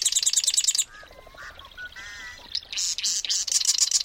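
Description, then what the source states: Marsh wren song: rapid, buzzy, rattling trills at the start and end, with softer whistled and chattering notes between them. Perched atop a cattail in a North Dakota wetland.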